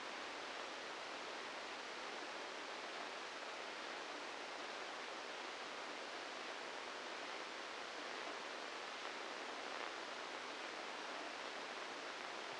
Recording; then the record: brain microelectrode recording played as sound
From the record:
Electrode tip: inside the subthalamic nucleus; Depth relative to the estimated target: -1 mm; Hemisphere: left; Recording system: NeuroSet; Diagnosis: Parkinson's disease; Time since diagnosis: 27 years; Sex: male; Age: 62 years